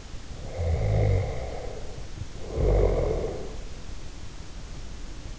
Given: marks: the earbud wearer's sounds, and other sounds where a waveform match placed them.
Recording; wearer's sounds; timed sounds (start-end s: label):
sounds in sleep by an in-ear microphone; snoring breath
0.32-3.96 s: snoring breath